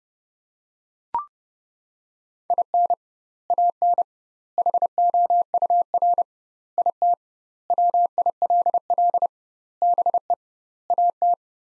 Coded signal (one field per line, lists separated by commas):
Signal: Morse code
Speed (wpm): 32 wpm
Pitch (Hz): 700 Hz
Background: none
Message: IN AN HOUR IT WILL BE AT